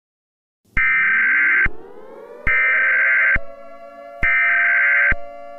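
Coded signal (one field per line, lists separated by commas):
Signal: Emergency Alert System (SAME) tones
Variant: header bursts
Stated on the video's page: Fictional emergency alert scenario, not a real broadcast.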